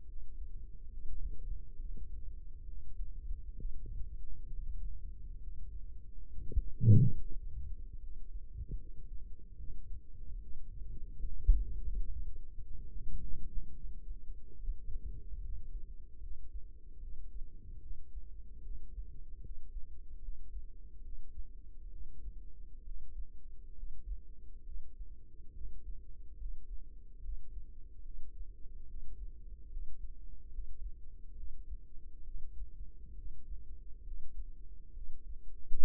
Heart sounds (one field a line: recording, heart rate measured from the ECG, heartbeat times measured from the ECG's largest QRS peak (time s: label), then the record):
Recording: heart sounds by microphone in the right ear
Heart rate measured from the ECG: 70 bpm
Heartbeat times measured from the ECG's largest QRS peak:
0.05 s: heartbeat
0.88 s: heartbeat
1.75 s: heartbeat
2.64 s: heartbeat
3.54 s: heartbeat
4.46 s: heartbeat
5.38 s: heartbeat
6.29 s: heartbeat
7.17 s: heartbeat
7.98 s: heartbeat
8.77 s: heartbeat
9.56 s: heartbeat
10.39 s: heartbeat
11.23 s: heartbeat
12.07 s: heartbeat
12.88 s: heartbeat
13.72 s: heartbeat
14.57 s: heartbeat
15.40 s: heartbeat
16.19 s: heartbeat
16.98 s: heartbeat
17.79 s: heartbeat
18.61 s: heartbeat
19.40 s: heartbeat
20.19 s: heartbeat
21.01 s: heartbeat
21.89 s: heartbeat
22.83 s: heartbeat
23.74 s: heartbeat
24.63 s: heartbeat
25.52 s: heartbeat
26.36 s: heartbeat
27.20 s: heartbeat
28.02 s: heartbeat
28.85 s: heartbeat
29.68 s: heartbeat
30.49 s: heartbeat
31.34 s: heartbeat
32.23 s: heartbeat
33.14 s: heartbeat
34.02 s: heartbeat
34.92 s: heartbeat
35.81 s: heartbeat
From the record:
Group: healthy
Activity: rest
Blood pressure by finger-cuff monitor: 123/76 mmHg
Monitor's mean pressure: 93 mmHg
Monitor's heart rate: 70 bpm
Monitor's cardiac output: 5.5 L/min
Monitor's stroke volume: 79 mL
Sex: male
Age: 35 years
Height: 178 cm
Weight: 64 kg